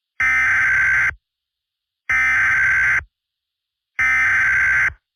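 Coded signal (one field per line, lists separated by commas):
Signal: Emergency Alert System (SAME) tones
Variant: header bursts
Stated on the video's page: Fictional EAS scenario, not a real alert.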